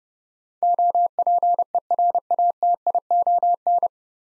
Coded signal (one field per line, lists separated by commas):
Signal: Morse code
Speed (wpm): 31 wpm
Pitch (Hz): 700 Hz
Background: none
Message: OPERATION